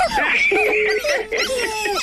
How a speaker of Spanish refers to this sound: ¿Hoy están los perros y los puercos? ¿Vale? Se oyen muchos puercos y muchos perros.